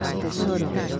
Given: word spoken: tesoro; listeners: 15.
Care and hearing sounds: one Spanish word in noise, from a listening test; eight-talker babble; -1.8 dB; 4 of 15; 8 of 15; 0.60 s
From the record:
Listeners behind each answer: 8, 4, 1, 1, 1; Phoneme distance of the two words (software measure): 7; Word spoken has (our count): 3 syllables, 6 phonemes, stress on syllable 2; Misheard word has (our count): 3 syllables, 7 phonemes, stress on syllable 2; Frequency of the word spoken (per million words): 23.65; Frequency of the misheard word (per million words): 7.00

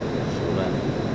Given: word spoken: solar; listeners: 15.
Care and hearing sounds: one Spanish word in noise, from a listening test; speech-shaped noise; -6.3 dB; 2 of 15; 7 of 15; 0.76 s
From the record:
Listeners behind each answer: 7, 2, 2, 1, 1, 1, 1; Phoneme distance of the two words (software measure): 20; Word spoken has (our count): 2 syllables, 5 phonemes, stress on syllable 2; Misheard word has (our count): 2 syllables, 5 phonemes, stress on syllable 2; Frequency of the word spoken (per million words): 39.30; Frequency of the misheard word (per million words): 2.79

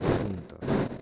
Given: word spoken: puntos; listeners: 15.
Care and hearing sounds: one Spanish word in noise, from a listening test; noise modulated by one talker; -8.1 dB; 2 of 15; 10 of 15; 0.62 s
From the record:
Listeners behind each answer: 10, 2, 1, 1, 1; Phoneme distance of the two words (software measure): 10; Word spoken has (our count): 2 syllables, 6 phonemes, stress on syllable 1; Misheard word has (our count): 2 syllables, 6 phonemes, stress on syllable 1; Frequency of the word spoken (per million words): 180.18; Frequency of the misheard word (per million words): 60.40

